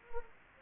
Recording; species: mosquito wingbeat signal from an infrared sensor; Anopheles gambiae